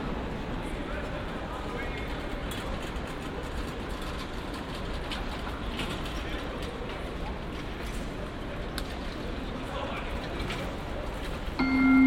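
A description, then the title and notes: Steady murmur of many people talking fills a train station at Cologne Central, dense and even throughout. Occasional brief clicks and short sounds punctuate the crowd noise, and near the end a sudden loud tone rises sharply above it. Cologne Central Station | Train station sounds. Recorded on Cologne Central Station.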